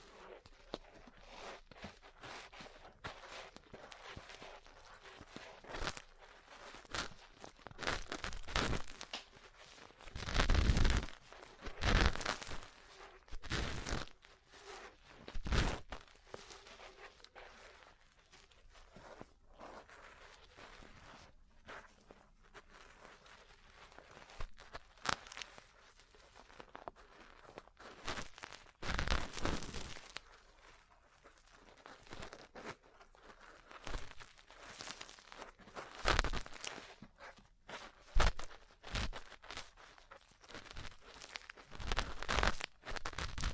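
Ear cleaning and massage sounds: irregular soft crinkling and scratchy rubbing, with sharp tapping bursts scattered throughout, strongest around 11, 29 and 38 seconds.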